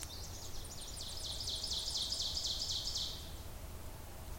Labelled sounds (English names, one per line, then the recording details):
Ovenbird song
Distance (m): 40 m
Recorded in boreal forest in Alberta, Canada, on 26 May 2016 at 07:19
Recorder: SongMeter 3, array SBT-3-15
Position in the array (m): 41 m, 225 m
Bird 20